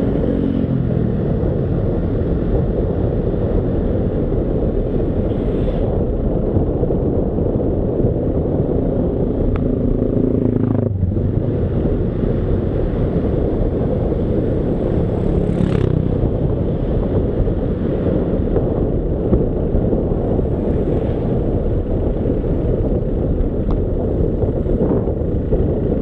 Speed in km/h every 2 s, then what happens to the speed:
27, 29, 29, 29, 28, 29, 30, 29, 30, 29, 29, 27, 25.
0-26 steady at about 29.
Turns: none.